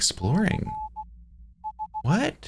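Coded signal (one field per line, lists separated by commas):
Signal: Morse code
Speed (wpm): 16 wpm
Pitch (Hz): 860 Hz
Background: speech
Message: C H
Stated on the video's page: Morse code heard in an indie horror game based on the Squidward creepypasta.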